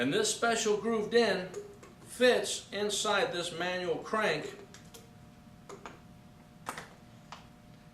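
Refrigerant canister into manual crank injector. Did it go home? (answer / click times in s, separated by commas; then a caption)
yes / 6.7 s. Someone talks as a grooved refrigerant-additive canister is pushed into a manual crank injector tool. A few faint ticks follow, and the loudest sharp click at 6.7 s marks the canister locking into place. Smaller ticks sound around 4.7, 5.7, 5.9 and 7.3 s.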